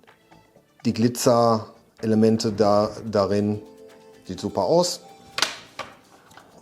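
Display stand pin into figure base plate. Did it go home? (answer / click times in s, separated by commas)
yes / 5.4 s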